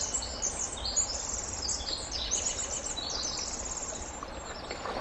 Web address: ear jh-060319 wwren